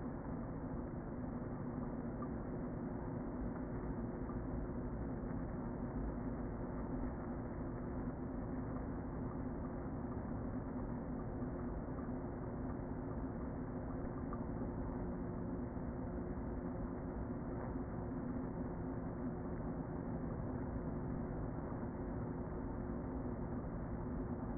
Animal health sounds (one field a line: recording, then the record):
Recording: honeybee colony, microphone inside the hive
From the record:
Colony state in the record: queen present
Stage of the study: before two queens were removed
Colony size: about 60,000 bees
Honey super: yes